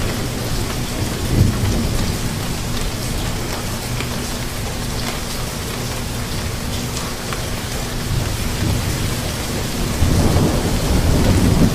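A gentle thunderstorm: steady, dense rain hisses evenly throughout, with a low rumble of thunder rolling underneath. A faint steady low hum runs through the middle, and the rumble swells slightly louder near the start and again from about ten seconds on.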